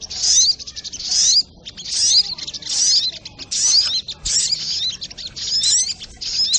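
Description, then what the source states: Little Spiderhunter: sharp, high twittering bursts with slurred whistles, several phrases separated by short quiet gaps. Training recording (masteran) of a sogok ontong, labelled 'Labaik'.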